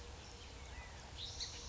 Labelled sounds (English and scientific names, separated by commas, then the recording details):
California Quail (Callipepla californica)
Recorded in Sonoma County, California